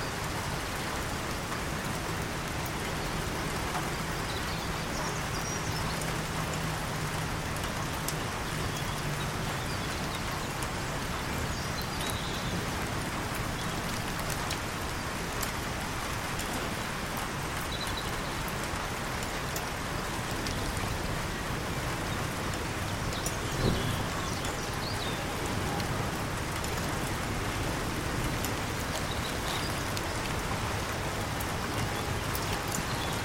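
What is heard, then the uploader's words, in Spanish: Soft raindrops fall on the surface of a calm canal, a steady, dense patter that holds an even level throughout. A faint low hum runs underneath in the first half, and a single sharper drop or tap stands out near twenty-four seconds. Gotas de Lluvia en el Río. Suaves gotas de lluvia besan la superficie de un canal sereno.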